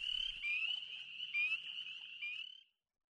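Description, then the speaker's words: Spring Peeper chorus, dense overlapping high piping whistles and rising peeps, steady and continuous before stopping abruptly. Played recording. "We have to take a break. We'll go out with some spring peepers."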